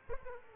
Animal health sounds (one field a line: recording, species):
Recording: mosquito wingbeat signal from an infrared sensor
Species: Aedes aegypti